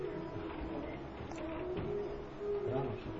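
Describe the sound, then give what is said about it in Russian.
An Indian cuckoo calls with a few short, mellow whistled notes over a dense, steady wash of background noise, the notes fairly soft and repeated at an unhurried pace. “Индийская кукушка звучит по-другому.”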